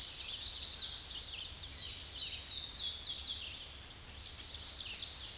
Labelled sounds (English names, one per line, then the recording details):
Tennessee Warbler song
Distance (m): 20 m
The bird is about 10 m above the microphone
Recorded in a Pennsylvania forest on 16 May 2024 at 08:30
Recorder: AudioMoth, point MSD-0263
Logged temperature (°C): 16.0 °C
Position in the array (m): 73 m, 203 m